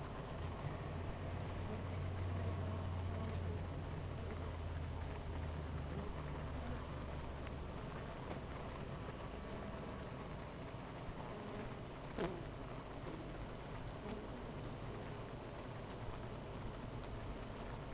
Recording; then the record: honeybee colony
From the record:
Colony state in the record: missing queen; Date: 14 July 2017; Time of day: 10:18